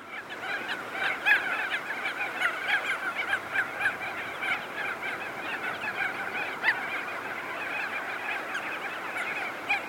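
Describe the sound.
Crested auklets calling in a dense chorus of overlapping nasal, honking notes with stacked harmonics, many birds at once, with steady background hiss.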